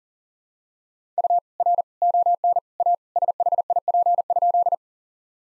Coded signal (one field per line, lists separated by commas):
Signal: Morse code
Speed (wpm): 40 wpm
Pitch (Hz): 700 Hz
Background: none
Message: U R ON A SHIP?